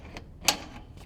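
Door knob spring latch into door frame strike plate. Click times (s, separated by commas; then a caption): 0.5 s. After a new door knob is installed, the door is pushed closed to check that the knob's spring latch goes far enough into the door frame's strike plate hole to catch. A faint tick at 0.2 s comes before a single sharp latch click at 0.5 s. The latch catches in the strike plate, and the lock then works.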